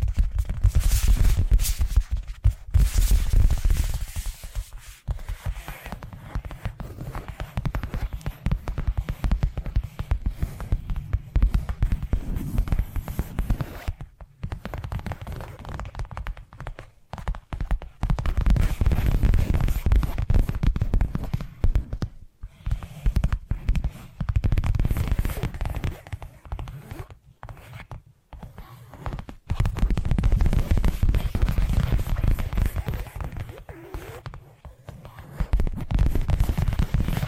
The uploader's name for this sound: Addictive Tapping Triggers